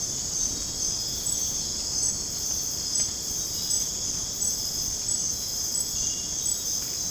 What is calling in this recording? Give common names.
none